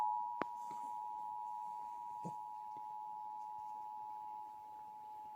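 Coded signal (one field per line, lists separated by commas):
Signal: Emergency Alert System (SAME) tones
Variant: 853 and 960 Hz attention tone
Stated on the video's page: National Periodic EAS Test as received in Illinois.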